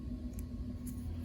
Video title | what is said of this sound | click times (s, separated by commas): HONDA / BRIGGS SUSA STYLE STARTER REPAIR | So we're just push it on this way till it clicks in. | 0.4 s